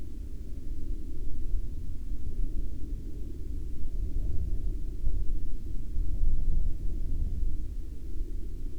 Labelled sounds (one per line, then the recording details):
aircraft
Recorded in the Prudhoe Bay oil fields, Alaska, on 10 July 2019 at 04:56
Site 16